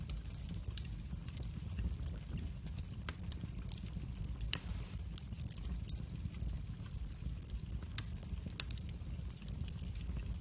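A wood fire burns with a steady low rumble and soft rushing underneath. Sharp pops and crackles break through irregularly, a few per second, with one louder snap near the middle. The sound is consistent throughout.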